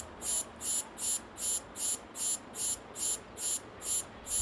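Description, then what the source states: Cicada song: loud, hissing buzzy pulses repeated steadily, about two to three per second, with nothing else prominent. In a park.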